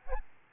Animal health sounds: mosquito wingbeat signal from an infrared sensor; Aedes albopictus

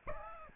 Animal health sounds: mosquito wingbeat signal from an infrared sensor; Aedes albopictus

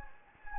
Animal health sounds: mosquito wingbeat signal from an infrared sensor; Anopheles gambiae

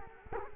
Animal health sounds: mosquito wingbeat signal from an infrared sensor; Culex quinquefasciatus

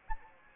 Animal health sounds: mosquito wingbeat signal from an infrared sensor; Anopheles arabiensis

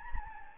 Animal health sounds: mosquito wingbeat signal from an infrared sensor; Anopheles gambiae

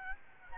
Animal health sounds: mosquito wingbeat signal from an infrared sensor; Aedes albopictus

